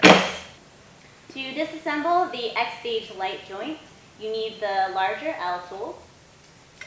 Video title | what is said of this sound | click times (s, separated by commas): Sequence 09 | You simply slide one end into the other until it locks in place. | 0.1 s